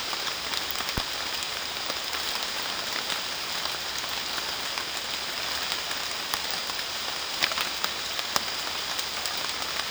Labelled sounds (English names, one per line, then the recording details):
none
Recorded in dense forest near Puerto Asís, Putumayo, Colombia, on 19 June 2025 at 16:00
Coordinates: 0.466, -76.327
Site GP04